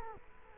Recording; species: mosquito wingbeat signal from an infrared sensor; Culex quinquefasciatus